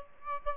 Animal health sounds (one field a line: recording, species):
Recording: mosquito wingbeat signal from an infrared sensor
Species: Aedes aegypti